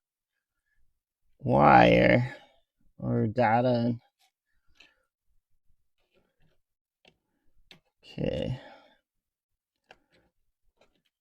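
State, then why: Seated. Someone talks as the thermistor's small wire-to-board connector is pushed into its header on the board of a Prusa Mini 3D printer print head, with faint small clicks and ticks in between. A sharp click at 9.9 s marks the connector seating firmly in place.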